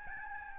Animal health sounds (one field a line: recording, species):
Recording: mosquito wingbeat signal from an infrared sensor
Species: Aedes albopictus